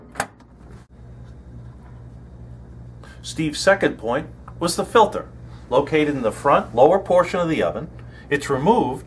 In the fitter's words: and simply press it up into the ceiling you'll feel the tabs click into place